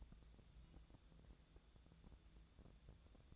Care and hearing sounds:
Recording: daily activity, microphone in the room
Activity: take from stove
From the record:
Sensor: 3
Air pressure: 1000.0 hPa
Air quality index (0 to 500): 128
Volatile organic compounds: 2 ppm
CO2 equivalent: 1143 ppm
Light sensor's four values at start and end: 43/107/46/51 and 43/107/46/51

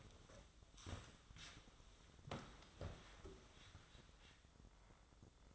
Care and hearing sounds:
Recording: daily activity, microphone in the room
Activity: sit down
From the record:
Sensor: 3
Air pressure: 1005.0 hPa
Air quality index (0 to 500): 84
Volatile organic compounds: 2 ppm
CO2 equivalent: 1281 ppm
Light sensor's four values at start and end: 7/15/6/6 and 9/20/8/8

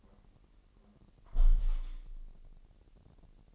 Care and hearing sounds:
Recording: daily activity, microphone in the room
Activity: close window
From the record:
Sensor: 4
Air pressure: 1000.8 hPa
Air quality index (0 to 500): 244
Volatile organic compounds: 41 ppm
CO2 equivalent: 3166 ppm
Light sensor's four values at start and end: 9/20/8/8 and 9/20/8/7

